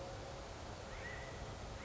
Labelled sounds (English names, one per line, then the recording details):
California Quail
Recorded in Sonoma County, California